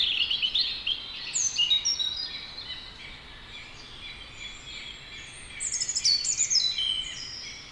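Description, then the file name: European robin delivering high, rippling warbled phrases, one near the start and a brighter tumbling burst later, with soft high notes between. "Erithacus rubecula"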